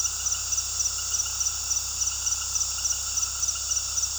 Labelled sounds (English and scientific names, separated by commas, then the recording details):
none
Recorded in pastures near Puerto Asís, Putumayo, Colombia, on 20 February 2024 at 19:30
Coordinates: 0.486, -76.323
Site G6462